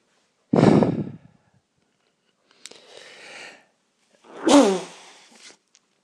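Two forceful, explosive sneezes about four seconds apart, the second with a voiced 'choo', separated by a quieter noisy breath intake, in an adult. Part of a sneezing fit at the tail end of a cold; such fits happen fairly irregularly.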